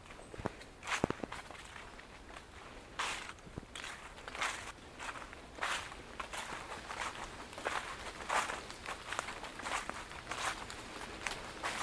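An amble through Woodwell in Silverdale: footsteps crunch and scuff at a relaxed, uneven pace, each step a bright burst of gritty texture. The steps continue throughout the twelve seconds, with a few sharper clicks early on over a soft, steady background hiss.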